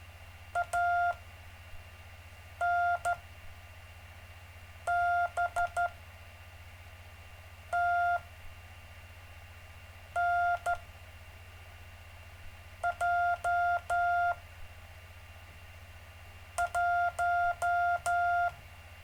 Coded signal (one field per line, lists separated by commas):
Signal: Morse code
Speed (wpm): 13 wpm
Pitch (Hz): 700 Hz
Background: none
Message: ANBTNJ1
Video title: David Casler Live Stream Morse Code 2, 3 Mar 2018